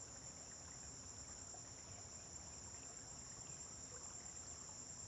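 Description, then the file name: Crickets chirping in a shrill, even trill without pauses, over soft low-frequency rumbling. Several crickets on a farm at dawn, with vehicles passing on a distant road. "Amanhecer na fazenda com grilos veiculos passando em estrada longe"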